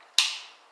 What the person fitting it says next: Okay, you heard it snap. Snapped into place.